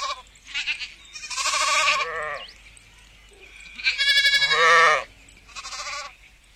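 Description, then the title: Sheep giving several nasal, trembling bleats, one drawn out and loud, separated by quieter gaps with faint bleating and shuffling. 3D audio recording, meant for headphones. "绵羊咩咩咩"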